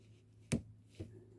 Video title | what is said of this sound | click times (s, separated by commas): New Jem & Holograms Review & My Collection with My Little Pony, Loyal Subjects, Basic Fun | you hear it click | 0.5 s